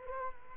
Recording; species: mosquito wingbeat signal from an infrared sensor; Culex quinquefasciatus